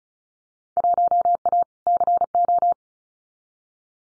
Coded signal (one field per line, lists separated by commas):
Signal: Morse code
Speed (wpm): 34 wpm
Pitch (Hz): 700 Hz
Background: none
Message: 1A CO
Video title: Field Day Exchange 35wpm